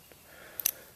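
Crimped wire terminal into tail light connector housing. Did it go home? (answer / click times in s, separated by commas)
yes / 0.6 s, 0.7 s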